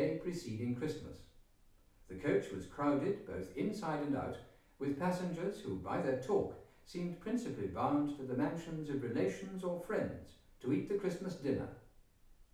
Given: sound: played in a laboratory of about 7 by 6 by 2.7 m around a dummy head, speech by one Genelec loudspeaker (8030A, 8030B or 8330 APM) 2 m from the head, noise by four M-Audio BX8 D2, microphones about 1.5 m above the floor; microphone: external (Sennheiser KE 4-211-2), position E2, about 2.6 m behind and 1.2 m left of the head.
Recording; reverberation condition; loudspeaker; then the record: male speech in English; medium; 30 degrees to the left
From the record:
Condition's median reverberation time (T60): about 510 ms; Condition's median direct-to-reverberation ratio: about -0.5 dB